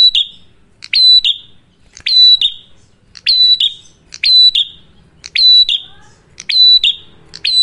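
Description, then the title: Prinia song: loud, harsh buzzy phrases with a sharp note and a level whine, repeated roughly once a second. Loud duet of Cililin versus Kapas Tembak song by a prinia in full song; used for luring wild birds or as masteran for training cage birds. "Masteran Duet Cililin Vs Kapas Tembak. Prenjak Gacor. Ngalun Kencang, Ampuh Banget Buat Pikat Ataupun Masteran"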